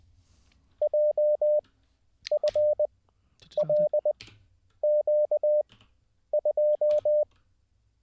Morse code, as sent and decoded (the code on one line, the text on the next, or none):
.--- ..-. .-.. --.- ..---
JFLQ2